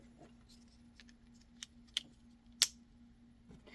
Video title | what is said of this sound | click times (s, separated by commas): CIS priming instructions for Canon cartridges CLI 45, 65, 250 251- 270 271 280 281. | so we don't want that let's make sure they go on Snap On | 2.0 s, 2.6 s